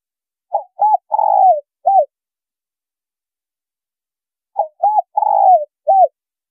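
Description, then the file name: Spotted dove repeating its coo twice, each time two short notes, a long descending coo and a last brief note, with a long pause between. Female bird. "Tieng cu gay mai"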